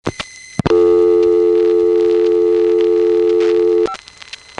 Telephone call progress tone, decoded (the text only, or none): dial tone